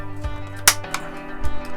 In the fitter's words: click in place, and then we've got 3 screws.